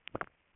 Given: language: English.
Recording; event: throat vibration sensor signal played as sound; swallow